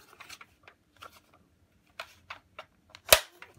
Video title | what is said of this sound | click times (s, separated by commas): Mattel – Masters Of The Universe Origins Land Shark Vehicle Review | and you're gonna push it in until you hear the snaps there should be four snaps | 2.0 s, 2.3 s, 2.6 s, 3.0 s